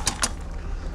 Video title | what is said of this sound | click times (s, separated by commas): Winter Camping ❄️ Adventure Pro Mini Off Grid Overland Camper Rig | make sure that bad boy is locked into place | 0.1 s, 0.2 s